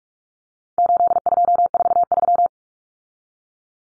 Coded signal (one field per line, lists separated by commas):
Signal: Morse code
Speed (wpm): 44 wpm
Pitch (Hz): 700 Hz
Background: none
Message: 8243